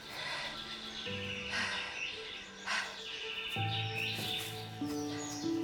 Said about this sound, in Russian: Слышите, птицы? Это их щебет.